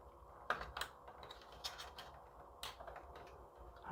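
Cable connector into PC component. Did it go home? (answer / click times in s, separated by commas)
yes / 0.5 s, 0.8 s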